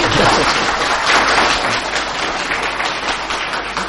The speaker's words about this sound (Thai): ขอพี่น้องปรบมืออีกครั้งนะครับ